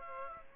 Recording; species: mosquito wingbeat signal from an infrared sensor; Aedes aegypti